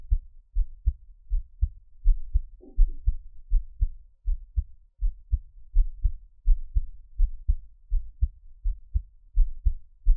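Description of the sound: A close-up normal adult heartbeat in a Taiwanese ASMR setting. Steady, low-pitched thumps come at about 82 beats per minute, with no talking.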